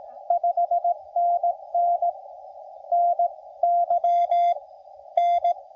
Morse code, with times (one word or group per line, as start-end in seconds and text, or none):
0.3-2.1 5NN
2.9-3.3 N
3.6-4.5 Y
5.2-5.5 N